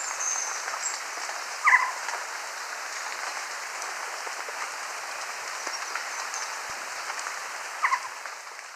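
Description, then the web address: Crested quetzal calls: two brief notes about six seconds apart, standing out over a constant hissing background. Ecuador. "Birds of Ecuador. Crested Quetzal"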